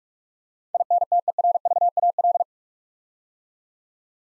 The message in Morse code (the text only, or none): INTERVAL